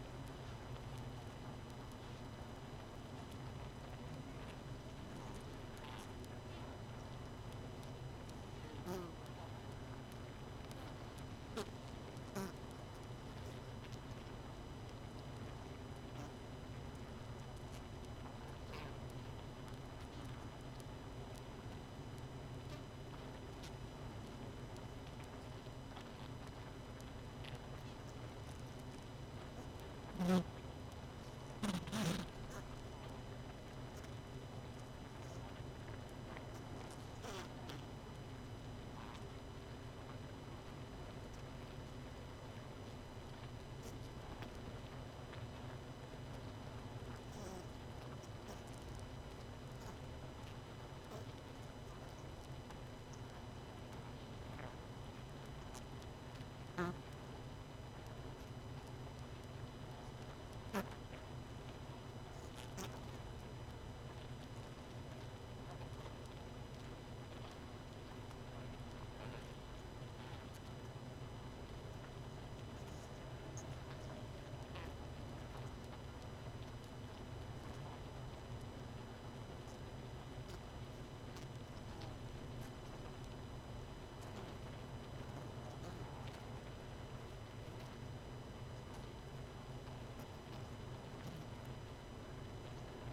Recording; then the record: honeybee colony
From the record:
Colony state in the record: missing queen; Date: 31 May 2018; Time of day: 21:40